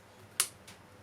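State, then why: Seated. The tool-free blade clamp lever on a Makita 2nd Generation 40V cordless reciprocating saw is pushed until its mechanism clicks and resets, so a blade can be inserted again. A sharp, bright click sounds at 0.4 s, followed by a fainter, softer tick around 0.7 s over a quiet background. The lever has clicked into its reset position.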